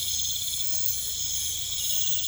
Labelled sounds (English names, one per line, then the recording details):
none
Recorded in pastures near Puerto Asís, Putumayo, Colombia, on 22 December 2024 at 22:30
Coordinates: 0.472, -76.329
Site G072